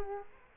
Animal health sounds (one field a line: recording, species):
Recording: mosquito wingbeat signal from an infrared sensor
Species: Culex quinquefasciatus